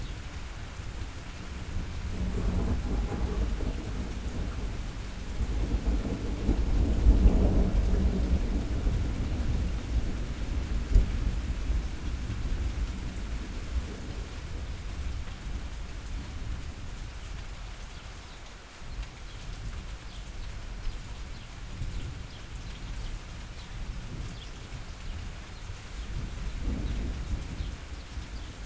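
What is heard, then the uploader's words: Thunder and rain: a steady hiss of rainfall runs throughout while a deep rolling rumble of thunder swells from about three seconds, peaks near seven, and fades out by eighteen. A shorter, softer rumble rises again near the end. Thunder and Rain.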